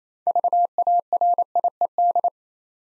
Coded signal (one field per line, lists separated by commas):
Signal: Morse code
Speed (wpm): 28 wpm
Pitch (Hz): 700 Hz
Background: none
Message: VARIED